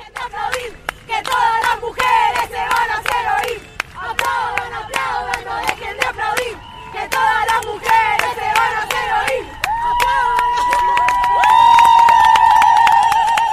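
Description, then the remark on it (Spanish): A crowd of women protesting against sexist violence in Argentina, among umbrellas and placards, shouting "basta" and chanting in unison, loud and rhythmic with repeated bursts, rising into sustained high-pitched cries and whistles toward the end. “Entre paraguas y pancartas, las mujeres gritaron basta.”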